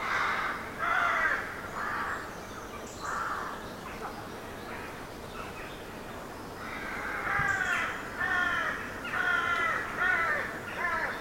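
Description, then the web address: Rooks cawing in a busy chorus, harsh nasal caws overlapping in bursts, with louder clusters near the start and toward the end. Many rooks calling in trees; traffic-free background. "Hollywood Edge Historical Series. Rooks in Trees"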